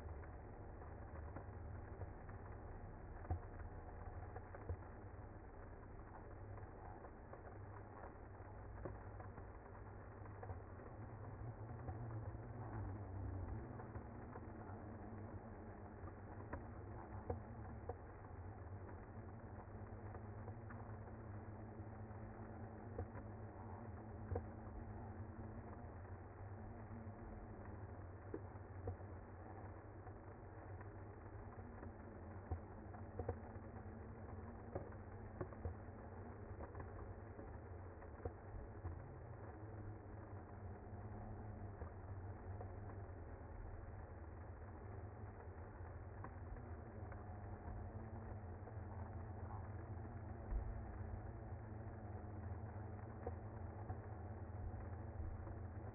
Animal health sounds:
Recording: honeybee colony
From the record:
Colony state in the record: active

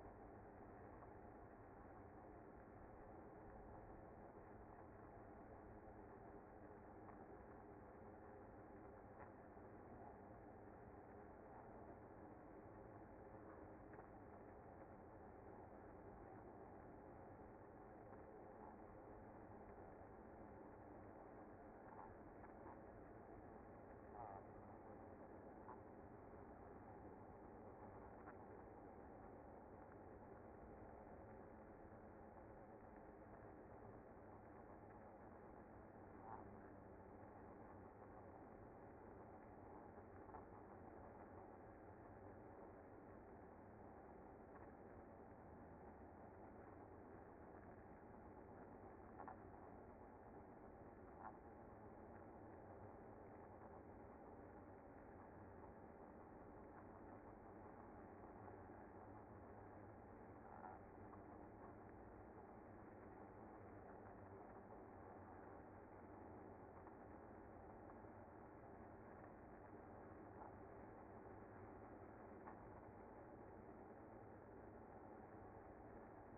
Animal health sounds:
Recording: honeybee colony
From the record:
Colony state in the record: active

